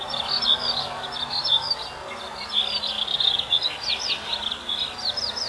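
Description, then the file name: Eurasian skylark song, a continuous high twittering stream of rapid chirps and trills with quick rising and falling notes, over faint low background hiss. "hibari"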